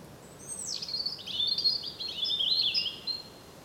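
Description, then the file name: European robin song, a thin high phrase of rapid warbling and trilled notes, starting with a high whistle that drops, then tumbling twittery notes over about three seconds. "Erithacus rubecula"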